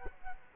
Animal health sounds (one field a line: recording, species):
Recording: mosquito wingbeat signal from an infrared sensor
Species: Culex quinquefasciatus